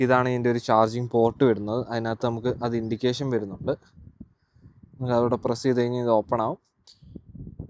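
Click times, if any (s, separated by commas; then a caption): none. A man talks while handling the charging port door on the body of a 2025 Kia EV6 electric car, which opens when pressed and locks when pressed again. Speech fills the first half, followed by quieter stretches with a few faint, brief ticks. Nothing has latched shut yet.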